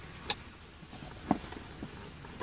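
A Rightline Gear side storage bag's strap is brought up and around a vehicle roll bar, and its plastic buckle gives a sharp, bright click at 0.3 s as it snaps shut and seats in place. Softer knocks follow at about 1.3 s and 2.4 s over a low steady background.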